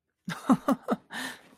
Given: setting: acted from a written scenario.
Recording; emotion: vocal sound without words; elation